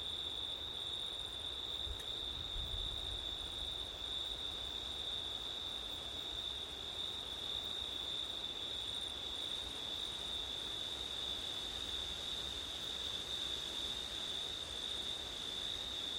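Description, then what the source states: Crickets holding a steady high trill while a low rumble swells early on, with wind noise throughout. Crickets recorded on a September night with wind.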